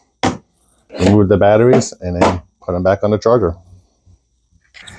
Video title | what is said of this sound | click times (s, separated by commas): I Tested a 40V Electric Lawn Mower… Did It Replace My Gas Toro? | push the button, they both snap out, | 0.2 s